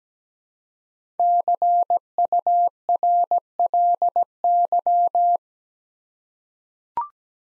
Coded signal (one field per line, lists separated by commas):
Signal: Morse code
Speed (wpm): 17 wpm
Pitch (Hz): 700 Hz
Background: none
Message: CURLY